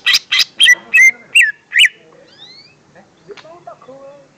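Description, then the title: Greater green leafbird song, opening with six loud, sharp, slurred notes in quick succession, followed by softer rising whistles and quiet warbles. "Kicau Burung Cucak Ijo"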